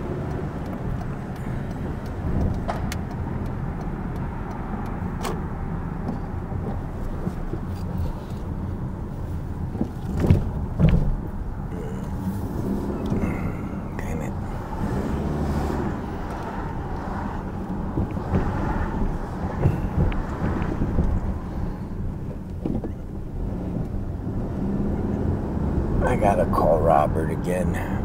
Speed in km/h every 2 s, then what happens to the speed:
15, 24, 23, 18, 16, 15, 23, 27, 27, 26, 21, 15, 26, 29.
0-2 speeds up to 24. 2-10 slows to 15. 10-14 speeds up to 27. 14-19 steady at about 27. 19-21 brakes to 15. 22-28 speeds up to 29.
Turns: 9-13.